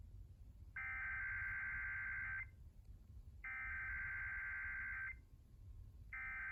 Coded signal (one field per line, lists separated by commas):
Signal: Emergency Alert System (SAME) tones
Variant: header bursts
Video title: Test from 9/23/2024 | At 11 PM?! Thanks WRDQ! | EAS #4